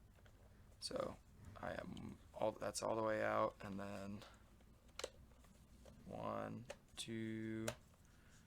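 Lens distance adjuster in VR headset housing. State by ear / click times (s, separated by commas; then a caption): not seated / none. Someone talks while adjusting the plastic lens-distance adjuster in an HTC Vive VR headset housing, setting it all the way out and then counting positions. A few faint, short ticks sound between the words. The clip ends before the adjuster is pushed back in, so nothing has clicked in or seated yet.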